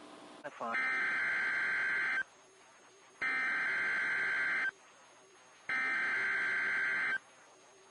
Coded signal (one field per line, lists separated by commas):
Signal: Emergency Alert System (SAME) tones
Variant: header bursts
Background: speech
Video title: EAS #1022-1029 (8/11/21)